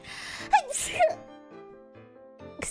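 A quick inward gasp and a sharp burst of breath: a single sneeze followed by a faint trailing hum.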